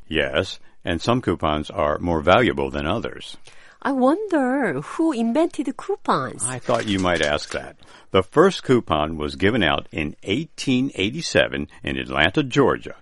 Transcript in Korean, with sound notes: Yes, and some coupons are more valuable than others
I wonder who invented coupons.
I thought you might ask that (SFX: PAPER RATTLE) The first coupons were given out in eighteen eighty-seven in Atlanta, Georgia.